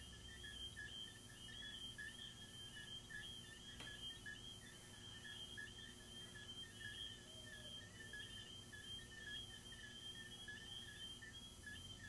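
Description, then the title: Crickets chirping in continuous rapid pulses, a steady high trill with a second lower band, over a constant low background hum. Crickets recorded in the recordist's garden. "Asmr crickets"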